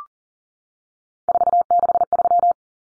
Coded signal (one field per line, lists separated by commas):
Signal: Morse code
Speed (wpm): 40 wpm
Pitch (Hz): 700 Hz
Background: none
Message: 463